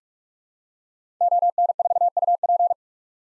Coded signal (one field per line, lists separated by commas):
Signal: Morse code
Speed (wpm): 46 wpm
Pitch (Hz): 700 Hz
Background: none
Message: ON4UP